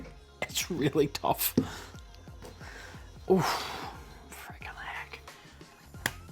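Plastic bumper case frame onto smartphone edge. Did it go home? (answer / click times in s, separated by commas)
yes / 6.1 s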